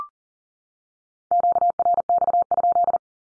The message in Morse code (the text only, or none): QRX?